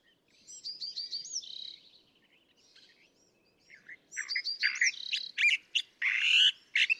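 California thrasher song: rapid whistled notes, a soft trill, then loud harsh, buzzy phrases delivered quickly.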